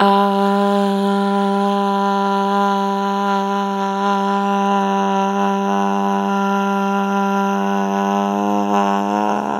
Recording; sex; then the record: sustained vowel /a/; female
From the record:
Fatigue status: fatigue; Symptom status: symptomatic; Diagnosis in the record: COVID-19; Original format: m4a